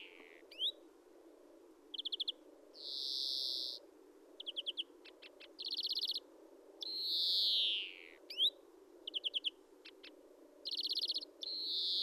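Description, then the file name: European greenfinch repeating drawn-out nasal wheezes alternating with short rattling trills and sharp upslurred notes, spaced every second or two throughout. "Chloris chloris"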